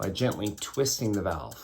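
A metal piston valve is being gently twisted inside a trumpet's valve casing so its guide will lock into place. Someone talks throughout, and no distinct click stands out. Nothing has seated or clicked yet, as the clip ends just before the valve goes home.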